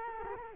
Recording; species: mosquito wingbeat signal from an infrared sensor; Culex quinquefasciatus